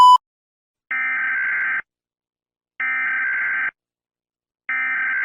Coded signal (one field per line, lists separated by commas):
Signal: Emergency Alert System (SAME) tones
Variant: header bursts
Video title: EAS scenario #1 green moon part 1